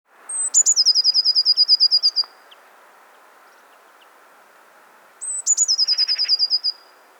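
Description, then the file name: Eurasian blue tit singing two phrases, each a very high thin note dropping into a fast, silvery trill lasting one to one and a half seconds. "Cyanistes caeruleus"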